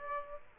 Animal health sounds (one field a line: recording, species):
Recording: mosquito wingbeat signal from an infrared sensor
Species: Aedes aegypti